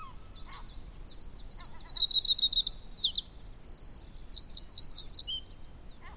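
Eurasian wren singing a loud, fast, high-pitched song of ringing trills, sharp chips and rattling runs, almost continuous throughout.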